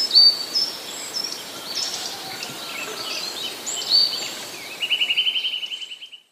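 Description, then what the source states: Eurasian nuthatch giving a rapid trill of about a dozen evenly spaced notes near the end, following a few thin high whistles and soft chirping earlier. Autumn trills.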